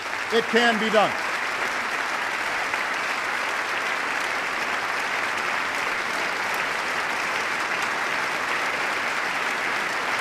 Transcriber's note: applause